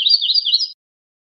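Yellow-rumped warbler giving one short, high, rapid trill of under a second, followed by silence.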